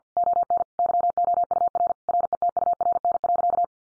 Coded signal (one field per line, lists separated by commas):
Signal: Morse code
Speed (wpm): 50 wpm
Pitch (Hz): 700 Hz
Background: none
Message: ON YOUR RETURN.